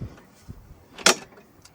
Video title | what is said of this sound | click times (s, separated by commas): 🇦🇺 Vanlife In Australia - Inside Our Off-Grid 4wd Toyota Hiace Campervan! | and it clicks into place there and that locks it in. | 1.1 s